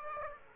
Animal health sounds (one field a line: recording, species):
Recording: mosquito wingbeat signal from an infrared sensor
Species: Aedes aegypti